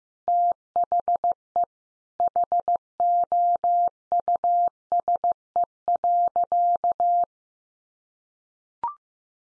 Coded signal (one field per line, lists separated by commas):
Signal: Morse code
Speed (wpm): 15 wpm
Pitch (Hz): 700 Hz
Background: none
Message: THE HOUSE.